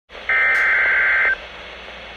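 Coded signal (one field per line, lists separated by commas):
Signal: Emergency Alert System (SAME) tones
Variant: header bursts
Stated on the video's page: Special marine warning recorded from a NOAA Weather Radio station on 162.450 MHz.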